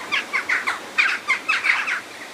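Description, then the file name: Bird calls, a series of short raspy chattering notes, with faint background hiss. "Birds Various"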